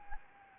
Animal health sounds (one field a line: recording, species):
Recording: mosquito wingbeat signal from an infrared sensor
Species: Anopheles arabiensis